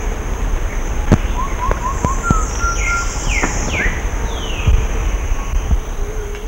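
Bird calls: short rising chirps and a few downslurred whistles scattered over several seconds, set against a heavy low rumbling background noise.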